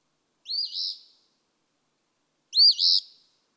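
Eastern phoebe song: two buzzy, two-part high phrases about two seconds apart, each a quick slurred note followed by a rough burry one.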